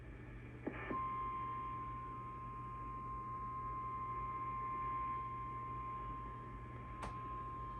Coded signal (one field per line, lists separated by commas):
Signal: Emergency Alert System (SAME) tones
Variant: 1050 Hz attention tone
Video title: SVR Madness (EAS Alerts from 6/22/22) (EAS #190-206) (Monsoon EAS #1-17)